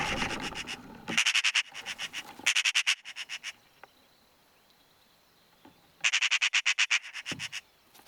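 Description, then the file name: Eurasian magpie chattering in a few rattling bursts of harsh, rapid grating notes separated by gaps. "Pica pica"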